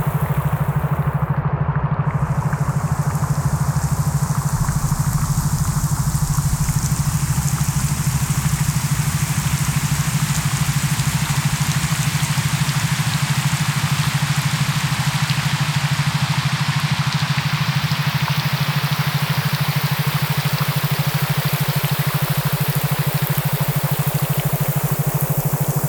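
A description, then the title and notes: Rain falls as a steady, dense hiss across the whole recording, with fine patter in the upper range. Underneath, a constant low tone hums without a break, unchanging in pitch. Near the start, the brightest part of the hiss briefly cuts out. A pleasant rain soundscape coupled with an audible repeating tone.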